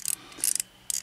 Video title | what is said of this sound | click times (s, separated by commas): 2003 Dr SEUSS' THE CAT IN THE HAT set of 11 BURGER KING COLLECTIBLES VIDEO REVIEW | it seems like it wanted to work but you're supposed to wind it up and it feels like it's stripped out of here | 0.1 s, 0.4 s, 0.6 s, 0.9 s, 1.0 s